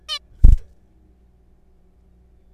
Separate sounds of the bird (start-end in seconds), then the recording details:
0.09-0.18. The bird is a juvenile. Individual R3428